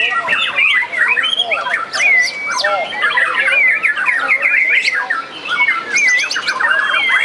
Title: murai batu